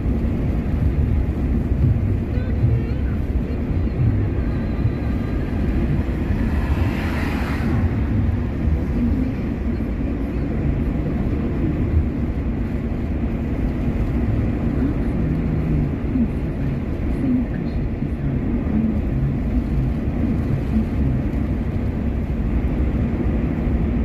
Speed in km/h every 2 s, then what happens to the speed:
68, 67, 66, 66, 65, 65, 64, 64, 64, 65, 66, 67.
0-24 steady at about 65.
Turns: none.